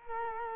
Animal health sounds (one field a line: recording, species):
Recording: mosquito wingbeat signal from an infrared sensor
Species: Culex quinquefasciatus